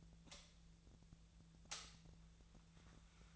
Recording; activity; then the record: daily activity, microphone in the room; light on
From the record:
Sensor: 3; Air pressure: 1009.8 hPa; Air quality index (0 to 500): 191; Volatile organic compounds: 15 ppm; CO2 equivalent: 2485 ppm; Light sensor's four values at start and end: 39/96/41/44 and 45/118/50/51